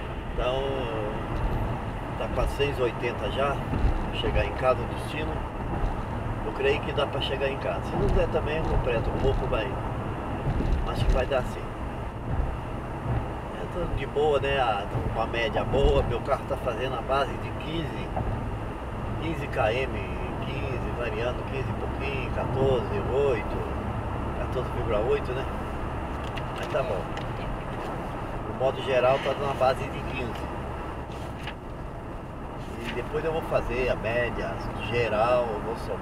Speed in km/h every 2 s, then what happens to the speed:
97, 97, 96, 96, 95, 94, 94, 96, 98, 99, 102, 105, 107, 104, 102, 99, 96, 94.
0-12 steady at about 96. 12-24 speeds up to 107. 24-36 slows to 94.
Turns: none.